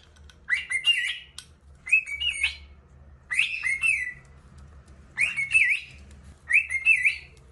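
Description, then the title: Cockatiel song of five warbled whistle phrases, each with a quick up-and-down inflection, spaced by short silences over a soft background hum. Song used for training a pet cockatiel. "Canto De 1 Hora Para Treinar Calopsita"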